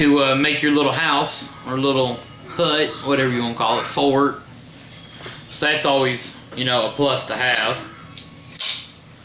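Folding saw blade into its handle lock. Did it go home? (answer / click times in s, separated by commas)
yes / 8.2 s, 8.6 s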